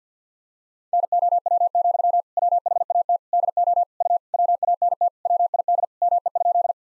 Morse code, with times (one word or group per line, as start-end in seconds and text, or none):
0.9-2.2 NOW,
2.4-3.2 WHAT
3.3-3.8 DO
4.0-4.2 U
4.3-5.1 WANT
5.3-5.8 WID
6.0-6.7 ME?